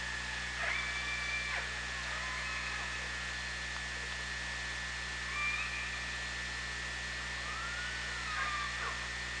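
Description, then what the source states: Orca calls, a few sweeping, wavering tones that rise and fall, heard in three bursts over steady underwater hiss and a constant humming tone. Recorded on the OrcaLab hydrophone, 24 August 2017 at 18:19.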